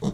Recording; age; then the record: pig call; piglet (1 to 25 days)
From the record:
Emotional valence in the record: negative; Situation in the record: long isolation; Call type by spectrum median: low-frequency call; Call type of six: low-frequency stable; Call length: 0.14 s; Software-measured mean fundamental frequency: 51 Hz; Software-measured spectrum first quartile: 178 Hz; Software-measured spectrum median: 272 Hz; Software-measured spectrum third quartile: 712 Hz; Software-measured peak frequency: 186 Hz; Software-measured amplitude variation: 176 dB a second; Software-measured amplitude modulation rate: 11.0 a second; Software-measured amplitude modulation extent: 16.0 dB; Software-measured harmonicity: 4.3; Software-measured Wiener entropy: -0.90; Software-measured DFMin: 1133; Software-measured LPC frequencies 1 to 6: 854, 1934, 3253, 3697, 4361, 5630 Hz